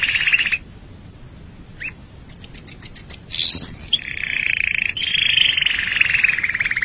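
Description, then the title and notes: Canary song: a rapid trill, a short rising note, a burst of high repeated notes, a rising sweep, then a long rolling trill filling the second half. "Suara Burung Kenari"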